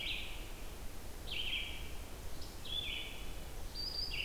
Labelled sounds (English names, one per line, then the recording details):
Red-eyed Vireo song
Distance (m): 50 m
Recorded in boreal forest in Alberta, Canada, on 28 June 2016 at 07:18
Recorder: SongMeter 3, array SBT-6-79
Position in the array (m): 119 m, 191 m